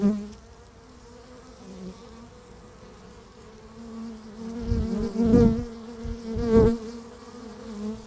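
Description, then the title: Honey bees buzzing, a soft hive hum broken by several loud close fly-bys in the second half, wingbeat buzz surging and fading. Beehive at Laren, Gelderland, Netherlands, recorded 17 July 2015; not a binaural recording. "Beehive. Bijenkorf (Laren Gld., July 17th 2015)"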